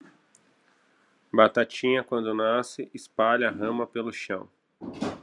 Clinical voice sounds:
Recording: short text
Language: Brazilian Portuguese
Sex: male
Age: 30 to 39 years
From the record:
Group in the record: control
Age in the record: 33 years

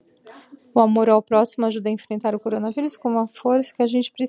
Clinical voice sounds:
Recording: spoken sentence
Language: Brazilian Portuguese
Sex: female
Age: 40 to 49 years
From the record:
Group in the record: control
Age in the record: 46 years

